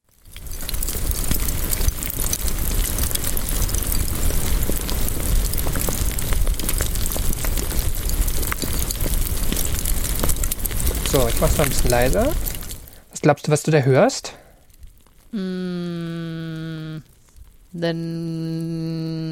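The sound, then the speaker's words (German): A steady, loud rushing and crackling of a flowing stream of very fluid lava on Earth, dense like hissing rain with sharp pops, runs for several seconds, then cuts off as a person begins speaking. “Was du hörst, ist das Geräusch eines Lavastroms aus sehr flüssiger Lava.”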